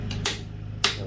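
A click-type torque wrench set to 65 Nm tightens the rear axle nut on a DR200 motorcycle rear wheel, over a steady low hum. A sharp click at 0.3 s is followed by a louder, sharper click at 0.9 s as the wrench breaks over, confirming the nut has reached its torque setting.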